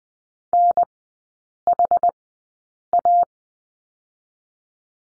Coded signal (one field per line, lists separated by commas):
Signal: Morse code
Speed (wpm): 20 wpm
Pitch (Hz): 700 Hz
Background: none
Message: NHA